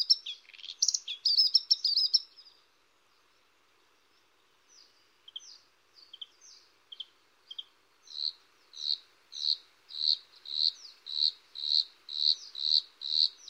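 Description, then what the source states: Bluethroat singing, opening with a burst of rapid scratchy twitters, then a pause, soft scattered notes, and finally a steady series of repeated buzzy high notes. Master singer and mimic; sings in the mountains, often at the edge between mountain birch forest and bare fell.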